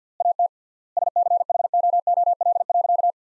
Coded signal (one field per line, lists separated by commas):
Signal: Morse code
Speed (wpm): 50 wpm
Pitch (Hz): 700 Hz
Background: none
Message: AT SCHOOL.